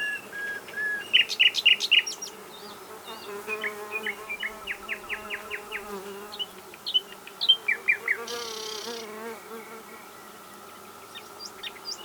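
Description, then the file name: Common nightingale singing varied phrases: rapid repeated chirps, a run of sharp notes, then a brief harsh buzzy burst followed by scattered high notes. "Luscinia megarhynchos"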